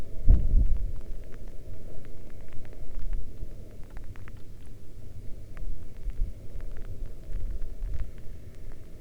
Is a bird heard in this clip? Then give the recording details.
no. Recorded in the Arctic National Wildlife Refuge, Alaska, on 11 August 2019 at 22:32. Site 40